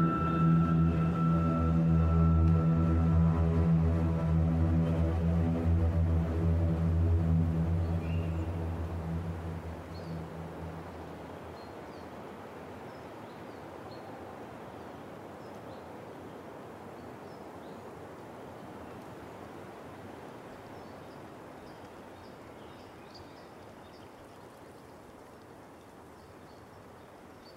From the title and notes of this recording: This episode features a dialog free selection of string music set against a back drop of quiet wind and birds.